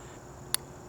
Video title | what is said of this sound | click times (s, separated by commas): INITIAL THOUGHTS of the Ultra View Hinge 2 | Oh wow, that was in there pretty tight. I don't know if you heard that pop. | 0.5 s